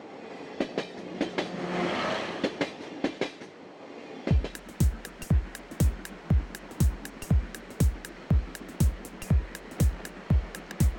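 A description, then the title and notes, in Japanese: A steam locomotive hauling a train. The first few seconds bring a soft rushing hiss with faint, spaced beats. From about four seconds, loud, sharp exhaust chuffs take over, striking in a fast, even rhythm of roughly three per second, each with a low thump. JR山口線を走るC57 1牽引の「SLやまぐち号」です。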